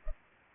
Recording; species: mosquito wingbeat signal from an infrared sensor; Culex pipiens